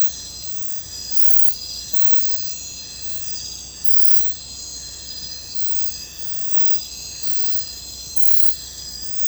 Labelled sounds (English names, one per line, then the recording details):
none
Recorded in secondary vegetation near Puerto Asís, Putumayo, Colombia, on 22 December 2024 at 00:30
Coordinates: 0.499, -76.323
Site G010